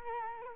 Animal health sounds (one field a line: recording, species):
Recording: mosquito wingbeat signal from an infrared sensor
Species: Culex quinquefasciatus